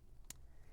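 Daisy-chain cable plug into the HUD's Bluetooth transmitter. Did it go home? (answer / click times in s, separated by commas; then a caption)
yes / 0.3 s. A daisy-chain cable plug is pushed into the plastic port of the Bluetooth transmitter for an EVbase wireless display HUD in a Tesla Model 3/Y. A single sharp click at 0.3 s stands out against a quiet, low background hum. The connector seats and clicks into place.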